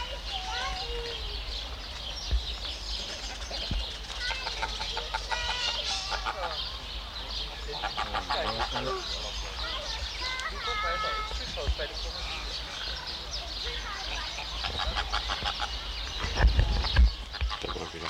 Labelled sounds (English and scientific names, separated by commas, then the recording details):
Great Cormorant (Phalacrocorax carbo)
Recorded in captivity
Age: adult
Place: Zoo Halle, Sachsen-Anhalt, DE
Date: 1993-04-24 10:08
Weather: heiter, 16-24 °C
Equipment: Sony WM-D6C, Sony ECM-939 LT, Kopie Uher Variocord 263
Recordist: Tembrock, Günter